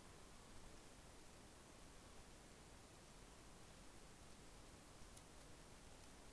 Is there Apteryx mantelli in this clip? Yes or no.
no